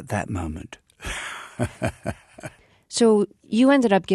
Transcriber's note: soundbite of laughter